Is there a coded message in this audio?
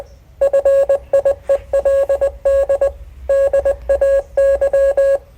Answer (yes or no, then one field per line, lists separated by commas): yes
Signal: Morse code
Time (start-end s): 0.4-5.2 s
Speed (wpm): 20 wpm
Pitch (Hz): 550 Hz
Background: none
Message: FIELD DAY